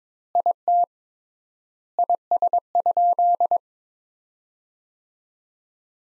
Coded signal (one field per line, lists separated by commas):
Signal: Morse code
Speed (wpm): 22 wpm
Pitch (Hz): 700 Hz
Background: none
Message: IT IS?